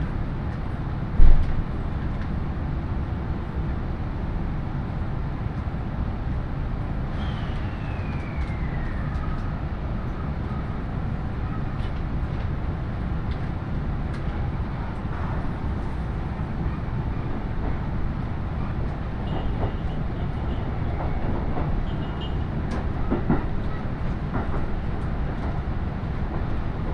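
A ride aboard a train on the Iida Line, with a dense, steady low rumble of the carriage rolling along throughout. A sharp knock sounds near the start, and faint squeals and a falling whine drift in around seven and twenty seconds.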